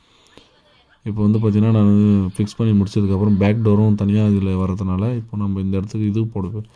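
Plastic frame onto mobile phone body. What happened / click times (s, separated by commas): The plastic frame clipped on only partly / 0.3 s, 0.4 s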